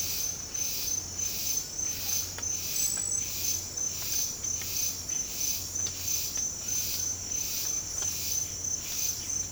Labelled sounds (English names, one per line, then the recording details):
none
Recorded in secondary vegetation near Puerto Asís, Putumayo, Colombia, on 24 March 2025 at 07:30
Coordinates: 0.502, -76.326
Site G100